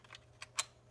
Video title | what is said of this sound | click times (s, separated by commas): Setup - Kyliandi Desert Eagle Gel Ball Blaster | you can kind of hear it click we're good to go on that end all right | 0.6 s